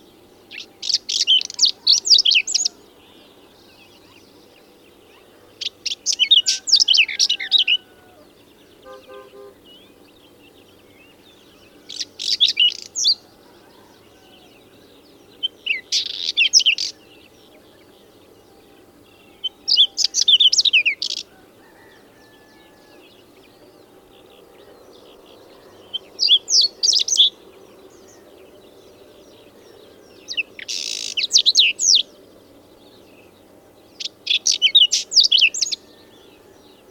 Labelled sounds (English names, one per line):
Whinchat song